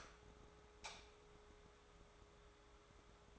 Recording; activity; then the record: daily activity, microphone in the room; light off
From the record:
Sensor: 3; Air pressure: 1010.2 hPa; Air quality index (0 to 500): 168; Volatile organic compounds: 10 ppm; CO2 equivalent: 2200 ppm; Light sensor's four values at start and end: 50/127/55/60 and 48/119/52/57